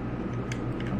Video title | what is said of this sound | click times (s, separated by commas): XXVibe $5 Foldable Phone Stand (from Five Below) | not it kind of clicks into place | 0.5 s